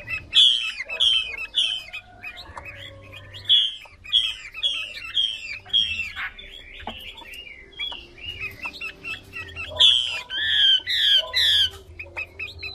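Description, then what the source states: Chinese hwamei delivering loud, ringing phrases repeated in quick series, switching between varied whistled motifs, with quieter chatter between bursts and a low hum beneath. Female hwamei singing.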